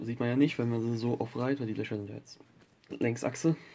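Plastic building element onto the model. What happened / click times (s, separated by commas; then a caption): The plastic piece is being handled but has not clicked into place yet / none. While building a Lego Architecture 21045 Trafalgar Square set, a plastic building element or sub-assembly is handled onto the model as someone talks throughout. Nothing has seated or clicked yet.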